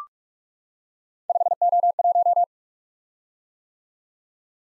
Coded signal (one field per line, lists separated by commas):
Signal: Morse code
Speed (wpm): 44 wpm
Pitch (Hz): 700 Hz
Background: none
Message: 5O1